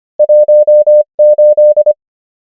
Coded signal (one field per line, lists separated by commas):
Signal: Morse code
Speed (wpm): 25 wpm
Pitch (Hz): 600 Hz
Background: none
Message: 1 8